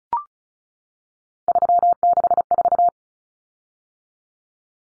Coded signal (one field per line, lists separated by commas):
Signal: Morse code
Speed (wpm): 34 wpm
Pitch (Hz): 700 Hz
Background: none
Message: 364